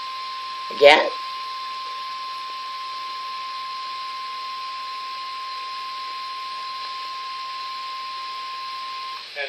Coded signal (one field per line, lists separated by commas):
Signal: Emergency Alert System (SAME) tones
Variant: 1050 Hz attention tone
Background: speech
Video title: Severe Thunderstorm Warning (EAS #75)